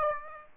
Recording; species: mosquito wingbeat signal from an infrared sensor; Aedes aegypti